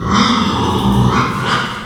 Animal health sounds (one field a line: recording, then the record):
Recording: squeal of a Yucatan mini pig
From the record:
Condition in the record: after surgery on the right vocal fold (resection and tissue-engineered implant)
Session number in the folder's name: 15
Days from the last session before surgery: 175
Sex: female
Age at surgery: 19 weeks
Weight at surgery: 25 kg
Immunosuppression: prednisolone